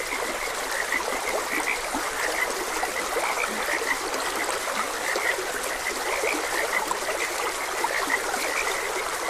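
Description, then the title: Many frogs croaking, quick clicky notes overlapping throughout, with a trickling stream underneath. Frogs croaking beside a gentle stream. "Gentle Stream and Frogs Croaking"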